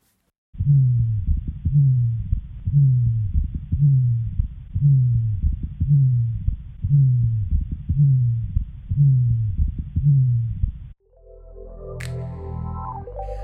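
A regular heartbeat at about 58 beats a minute, about ten cycles, each followed by a soft blowing sound that fades away: the early diastolic decrescendo murmur of aortic regurgitation, heard at the base foci. A brief musical tone closes the clip.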